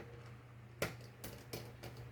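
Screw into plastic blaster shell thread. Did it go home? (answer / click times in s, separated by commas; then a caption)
yes / 0.8 s. A screw is turned backwards in the plastic shell of a Nerf Hammershot blaster, being modded with an Intermediate Upgrade Kit, until it drops into the start of its original thread. A sharp click at 0.8 s marks the screw seating in the right thread, followed by fainter ticks around 1.2, 1.5 and 2.2 s over a low steady hum. The screw is confirmed seated in its thread.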